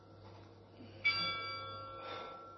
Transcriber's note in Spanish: Suenan nueve campanadas en el reloj del campanario de la plaza